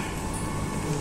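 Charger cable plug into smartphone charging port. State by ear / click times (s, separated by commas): not seated / none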